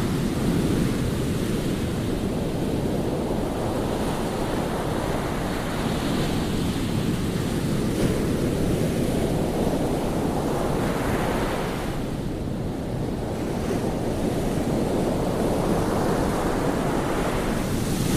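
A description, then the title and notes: Ocean waves roar in a dense, steady wash of low rumbling surf, with brighter swells rising and easing around eight, eleven and seventeen seconds. White Noise Ocean Waves Sounds For Sleeping.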